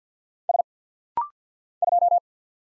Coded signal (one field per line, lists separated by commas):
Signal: Morse code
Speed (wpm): 48 wpm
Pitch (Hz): 700 Hz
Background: none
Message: S 2